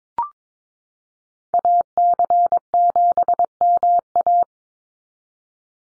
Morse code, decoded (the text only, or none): AC7MA